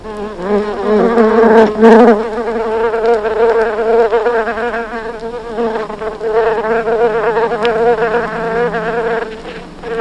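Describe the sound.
Bumblebee buzz, a low droning hum with rich overtones that wavers gently in pitch and loudness throughout, swelling briefly around the second second.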